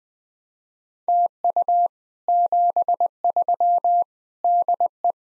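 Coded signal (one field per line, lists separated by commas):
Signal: Morse code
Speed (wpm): 20 wpm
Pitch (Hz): 700 Hz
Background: none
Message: TU 73 DE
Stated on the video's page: Morse code speed-racing drill of common QSO phrases, starting fast and slowing to a 15 wpm base speed.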